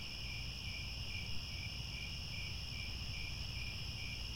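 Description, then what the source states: Crickets in a dense, steady chorus of high trilling chirps, pulsing rapidly without pause, over a low rumbling hum. Chorus of crickets chirping at twilight.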